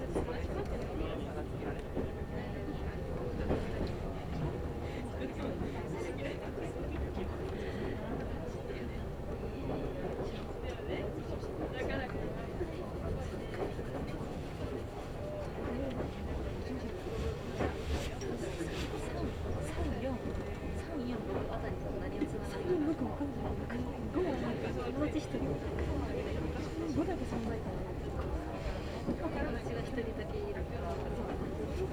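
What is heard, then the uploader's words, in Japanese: Inside a two-car Meitetsu Mikawa Line train, a steady low rumble runs throughout, with a thin whine and passengers' voices murmuring underneath. 名古屋鉄道 三河線（海線）碧南→知立。通学ラッシュになってました。２両編成ですが、１つ目の碧南中央からどんどん乗車してきます。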